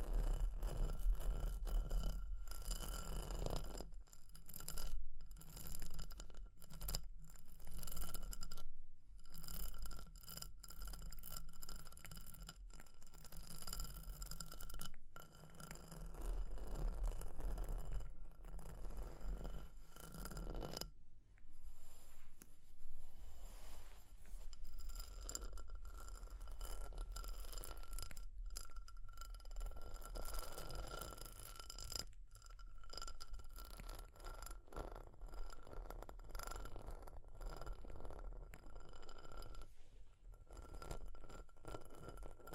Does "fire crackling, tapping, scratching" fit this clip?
yes